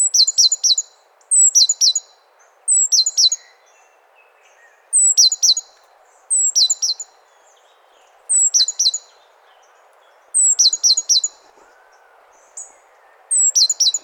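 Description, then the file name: Great tit calls: short bursts of a thin high note followed by two or three sharp, downslurred notes, repeated roughly every one to two seconds. "Parus major"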